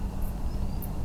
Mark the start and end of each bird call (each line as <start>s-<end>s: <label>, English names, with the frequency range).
0.45s-0.78s: Common Sandpiper (4.2-5.7 kHz)